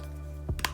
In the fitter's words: you hear those clicks and